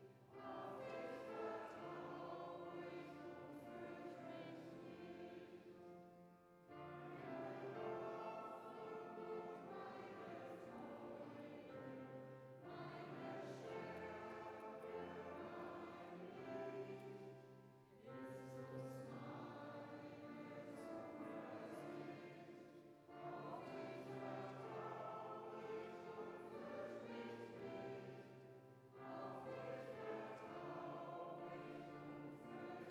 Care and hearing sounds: everyday scene through a hearing-aid microphone; reverberant space; music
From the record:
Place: church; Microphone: behind the ear, right, rear

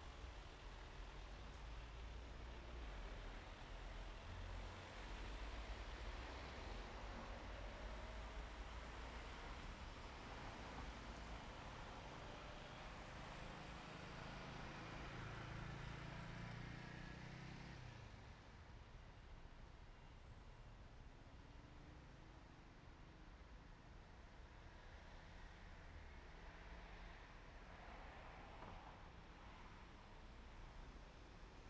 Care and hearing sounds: everyday scene through a hearing-aid microphone; in traffic; traffic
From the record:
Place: main road on the outskirts, rush hour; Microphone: behind the ear, right, rear

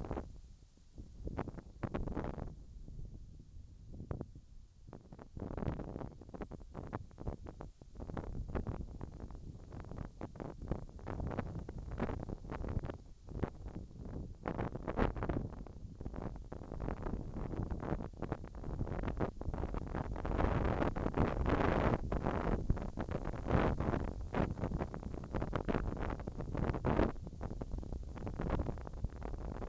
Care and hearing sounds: everyday scene through a hearing-aid microphone; wind on the microphone; wind, whistling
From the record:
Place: in front of a rural house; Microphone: in the ear canal, left

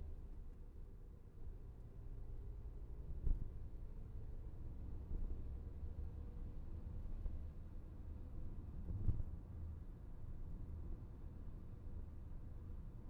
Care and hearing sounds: everyday scene through a hearing-aid microphone; in a vehicle; engine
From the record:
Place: VW T5 Caravelle, diesel engine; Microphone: behind the ear, left, front

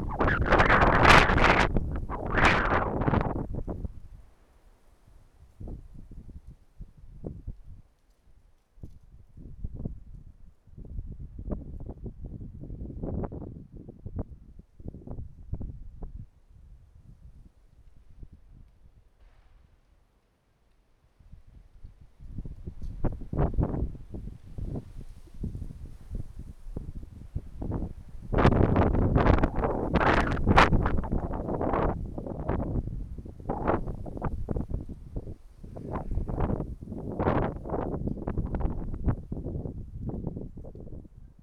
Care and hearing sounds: everyday scene through a hearing-aid microphone; wind on the microphone; wind, traffic, birds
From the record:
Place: suburban garden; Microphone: behind the ear, right, rear

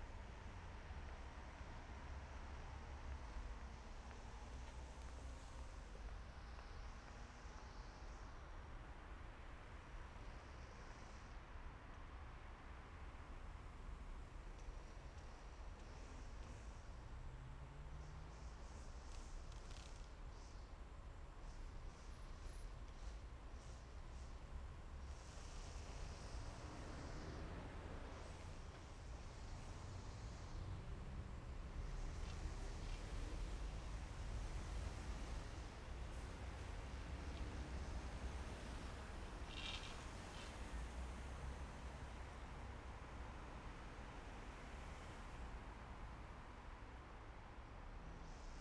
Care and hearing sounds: everyday scene through a hearing-aid microphone; in traffic; traffic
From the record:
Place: main city hub, rush hour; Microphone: behind the ear, left, rear

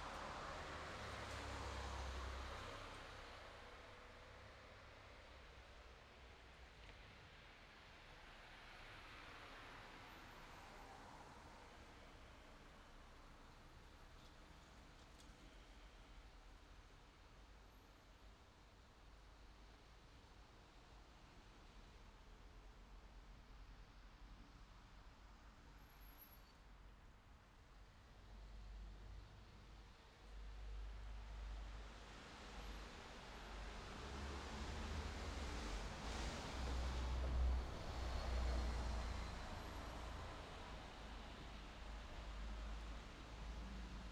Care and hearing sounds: everyday scene through a hearing-aid microphone; in traffic; traffic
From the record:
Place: city secondary road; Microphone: in the ear canal, left

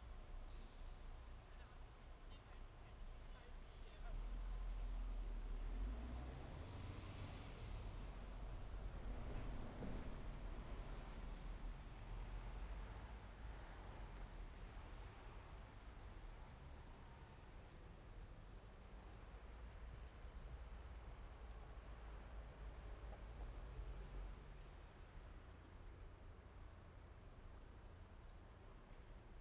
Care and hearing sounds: everyday scene through a hearing-aid microphone; in traffic; traffic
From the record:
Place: main road on the outskirts, rush hour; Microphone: behind the ear, right, rear

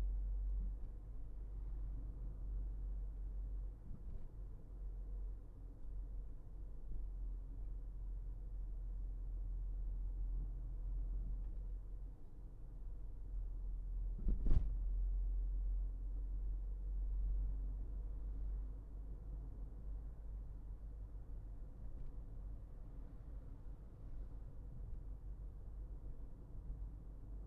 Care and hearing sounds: everyday scene through a hearing-aid microphone; in a vehicle; engine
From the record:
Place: Berlingo II, diesel engine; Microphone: behind the ear, left, front

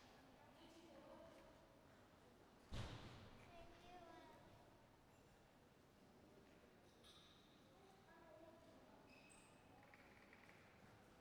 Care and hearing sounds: everyday scene through a hearing-aid microphone; reverberant space; background noise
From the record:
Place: railway station hall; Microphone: behind the ear, right, rear

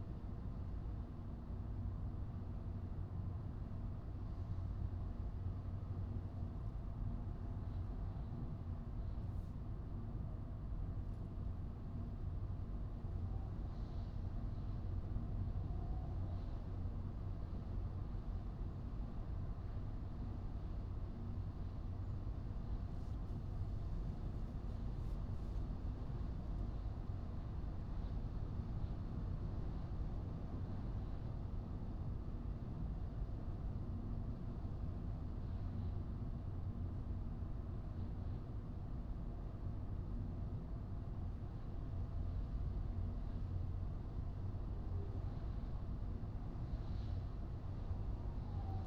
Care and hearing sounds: everyday scene through a hearing-aid microphone; in a vehicle; engine, highway driving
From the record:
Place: Skoda Fabia, gasoline engine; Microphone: in the ear canal, right

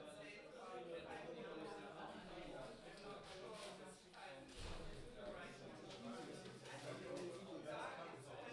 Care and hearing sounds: everyday scene through a hearing-aid microphone; many people talking; many voices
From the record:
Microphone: in the ear canal, left

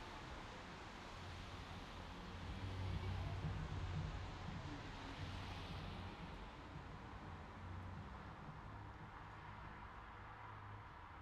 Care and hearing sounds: everyday scene through a hearing-aid microphone; in traffic; traffic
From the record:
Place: city secondary road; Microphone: in the ear canal, left

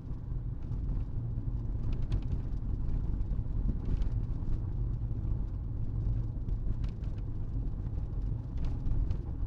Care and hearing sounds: everyday scene through a hearing-aid microphone; in a vehicle; engine, rumble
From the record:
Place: Berlingo II, diesel engine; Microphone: in the ear canal, right

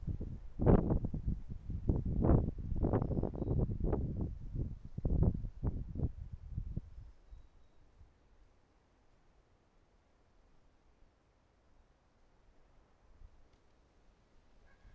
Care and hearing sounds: everyday scene through a hearing-aid microphone; wind on the microphone; wind, traffic, birds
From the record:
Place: suburban garden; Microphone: behind the ear, right, rear

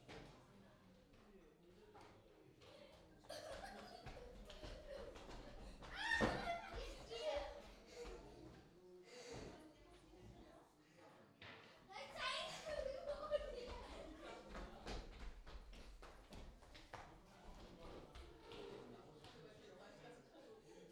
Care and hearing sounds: everyday scene through a hearing-aid microphone; many people talking; footsteps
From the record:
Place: parish hall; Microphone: in the ear canal, left

